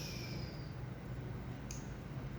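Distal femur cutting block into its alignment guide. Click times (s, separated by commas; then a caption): 1.7 s. In total knee replacement instrument training, a distal femur cutting guide is fitted onto its alignment guide rod and locked. Over steady low background noise, a single short, sharp click at 1.7 seconds marks it locking into place. The guide is then confirmed locked and straight.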